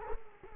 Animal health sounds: mosquito wingbeat signal from an infrared sensor; Culex quinquefasciatus

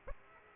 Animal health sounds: mosquito wingbeat signal from an infrared sensor; Aedes aegypti

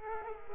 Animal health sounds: mosquito wingbeat signal from an infrared sensor; Culex quinquefasciatus

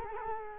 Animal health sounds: mosquito wingbeat signal from an infrared sensor; Culex quinquefasciatus

